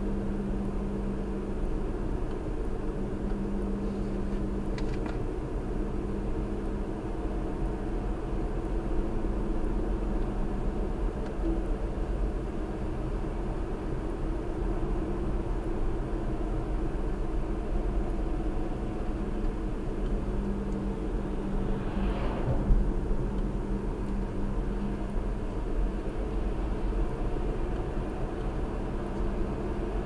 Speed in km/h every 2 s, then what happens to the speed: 55, 55, 55, 56, 58, 60, 60, 61, 61, 58, 53, 53, 56, 63, 68.
0-16 steady at about 58. 16-20 slows to 53. 23-30 speeds up to 68.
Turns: none.